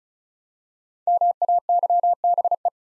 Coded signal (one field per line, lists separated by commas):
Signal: Morse code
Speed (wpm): 36 wpm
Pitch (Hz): 700 Hz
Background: none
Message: MAYBE